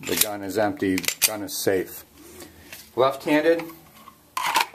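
Someone talks while an unloaded pistol is handled and pushed down toward a molded Boltaron thermoplastic OWB belt holster, with short handling clatters near 2.7, 4.1, 4.4 and 4.6 seconds. The pistol has not yet snapped into the holster's retention; nothing has seated or clicked yet.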